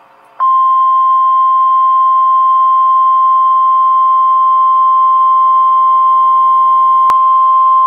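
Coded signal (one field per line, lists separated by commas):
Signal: Emergency Alert System (SAME) tones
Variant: 1050 Hz attention tone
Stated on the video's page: Real severe thunderstorm warning.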